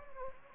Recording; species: mosquito wingbeat signal from an infrared sensor; Anopheles gambiae